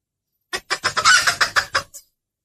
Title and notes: Suara Burung Bandel Yang Susah Mendekati. Kompilasi Suara Pikat Burung